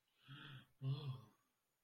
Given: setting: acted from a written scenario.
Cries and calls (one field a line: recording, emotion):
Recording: vocal sound without words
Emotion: negative surprise